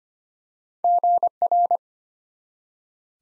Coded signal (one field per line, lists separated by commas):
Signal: Morse code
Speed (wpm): 25 wpm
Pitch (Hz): 700 Hz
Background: none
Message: GR